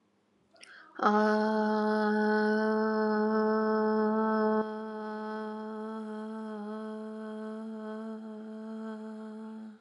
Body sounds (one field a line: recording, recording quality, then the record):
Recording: sustained vowel as in made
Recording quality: excellent, no background noise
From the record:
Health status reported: healthy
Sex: female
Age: 37 years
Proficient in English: yes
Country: India